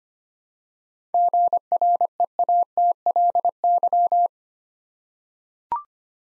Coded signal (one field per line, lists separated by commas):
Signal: Morse code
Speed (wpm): 25 wpm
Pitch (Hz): 700 Hz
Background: none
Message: GREATLY